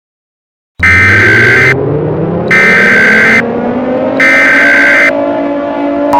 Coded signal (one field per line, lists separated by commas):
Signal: Emergency Alert System (SAME) tones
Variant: header bursts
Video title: The Awakening EAS Scenario - Epilouge Part 18c